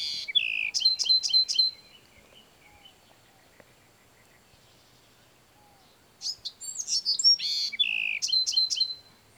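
Bewick's wren gives two songs several seconds apart, each mixing buzzy notes and high slurs and ending in a few sharp descending notes.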